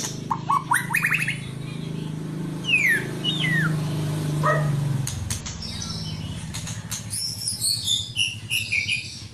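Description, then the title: White-rumped shama song: clear whistled slurs, some falling sharply, mixed with quick high chips, over a low hum in the first half. "murai batu"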